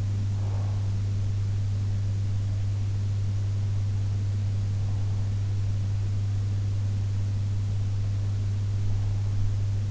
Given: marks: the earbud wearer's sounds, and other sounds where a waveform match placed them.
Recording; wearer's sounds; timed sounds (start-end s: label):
sounds in sleep by an in-ear microphone; breath
0.00-0.70 s: breath